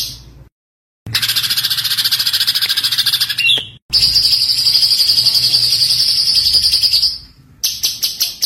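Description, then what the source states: White-eye delivering long, unbroken high trills of quick pulsed notes, one ending in a short slurred whistle, separated by abrupt brief silences. Masteran recording of a gacor (continuously singing) white-eye, given as full tembakan song bursts.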